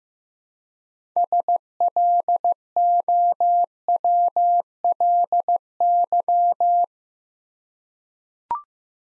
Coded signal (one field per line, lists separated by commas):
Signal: Morse code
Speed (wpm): 15 wpm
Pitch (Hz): 700 Hz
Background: none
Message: SLOWLY